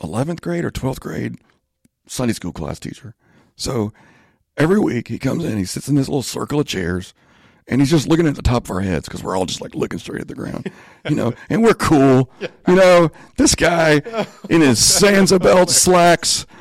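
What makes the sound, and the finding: Adult male speaker. Spasmodic dysphonia.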